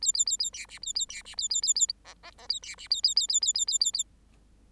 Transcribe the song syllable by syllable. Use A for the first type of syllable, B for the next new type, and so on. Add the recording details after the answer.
A A A A B C A A B C A A A A D D D A B C A A A A A A A A A. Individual Bird8